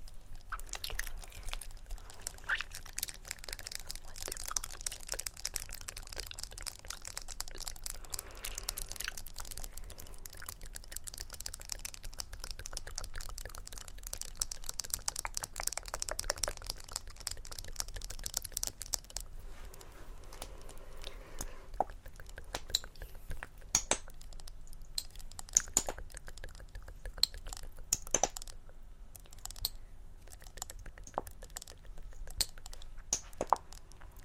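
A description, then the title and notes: Layered scratching and tapping fill the whole stretch: a dense, fast crackle of tiny clicks runs steadily for about twenty seconds, then thins into sparser, sharper taps and scratches with brief gaps. A low steady hum sits underneath throughout. Extremely Tingly Layered Sounds.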